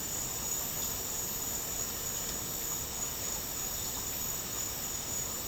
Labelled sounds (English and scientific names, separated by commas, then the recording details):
none
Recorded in dense forest near Puerto Asís, Putumayo, Colombia, on 12 March 2025 at 11:00
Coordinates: 0.467, -76.328
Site G041